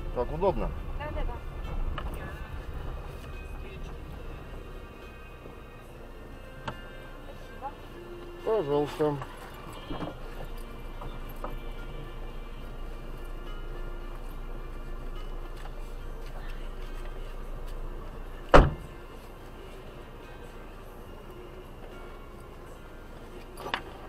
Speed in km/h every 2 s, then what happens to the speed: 8, 9, 6, 1, 0, 0, 0, 0, 0, 0, 0, 0.
2-6 slows to 1. 6-24 standing.